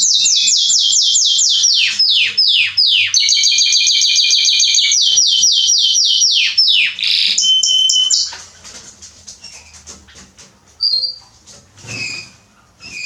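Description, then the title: Belgian canary song: rapid series of descending sweeps, a buzzy rolled trill in the middle, more sweeps, then the song stops and only faint chirps follow. Male Belgian canary singing a lot, to warm up young and adult canaries. "Esquente Seu Filhote E Canario Belga Em 30 Minutos Macho Cantando Muito"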